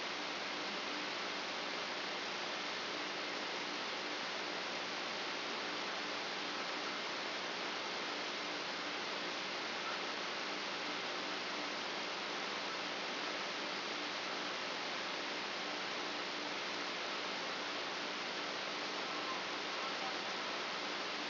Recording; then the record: brain microelectrode recording played as sound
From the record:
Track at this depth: outside the subthalamic nucleus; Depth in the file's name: 8.628 mm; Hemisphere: left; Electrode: 2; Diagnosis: Parkinson's disease